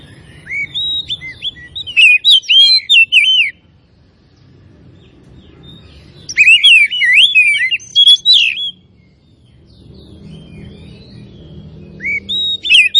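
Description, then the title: Oriental magpie-robin delivering three energetic bursts of fast, jumbled whistles and high chirps, separated by quiet gaps; low rumbling background noise between phrases. Kacer Tretes, a local variety, singing actively in full voice. "Kacer Tretes Gacor"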